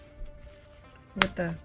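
A keychain is being attached to a fabric pouch wallet by its magnetic snap button, while someone talks over background music. The clip ends before the magnetic snap clasp closes, so nothing has seated or clicked yet.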